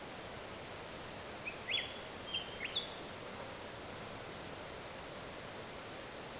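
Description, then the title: Willie Wagtail song, a short burst of sharp chattering whistled notes around two seconds, over a steady hiss of insects with faint high ticking. Very persistent calling in the evening near a campsite in desert at Coward Springs, Oodnadatta Track, south end of Kati Thanda–Lake Eyre, with insects also calling. "A Night in the Desert at Coward Springs"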